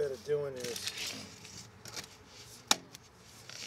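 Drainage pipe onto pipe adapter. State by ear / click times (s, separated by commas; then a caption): seated / 2.7 s. Someone talks while a corrugated drainage pipe is pushed onto a plastic pipe adapter on a drywell or basin in a tight space. A sharp snap at 2.7 s marks the pipe locking onto the adapter, followed by a few faint clicks and handling noises.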